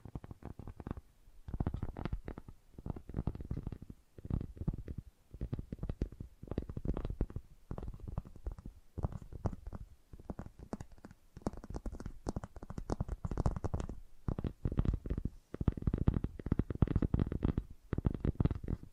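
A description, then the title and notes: Fast tapping comes in quick, dense bursts, each a rapid run of soft, thudding hits lasting about a second before a short pause. The taps are mostly low and muffled with a light clicky edge, and the bursts repeat steadily throughout. FAST TAPPING (No Talking).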